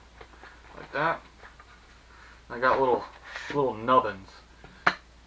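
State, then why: Seated. Someone talks while pressing down the small plastic locking nubs on a hydration bladder's clamp-style closure. A sharp click at 4.9 s marks a nub snapping into place and locking the closure.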